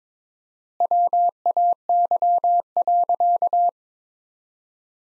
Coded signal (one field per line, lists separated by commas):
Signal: Morse code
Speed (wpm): 21 wpm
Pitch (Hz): 700 Hz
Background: none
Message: WAY.